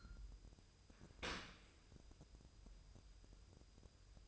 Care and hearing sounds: daily activity, microphone in the room; open dishwasher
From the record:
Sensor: 2

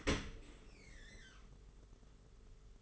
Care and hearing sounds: daily activity, microphone in the room; open dishwasher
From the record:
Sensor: 4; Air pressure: 992.2 hPa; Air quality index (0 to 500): 109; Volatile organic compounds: 18 ppm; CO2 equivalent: 2613 ppm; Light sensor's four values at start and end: 23/78/28/30 and 23/78/28/30

